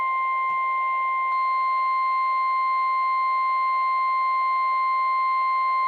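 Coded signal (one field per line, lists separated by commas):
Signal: Emergency Alert System (SAME) tones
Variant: 1050 Hz attention tone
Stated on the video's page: NOAA weather radio alerts received from KHB36 and WXM57; WXM57 arrives at night on 162.400, the same frequency as KEC83.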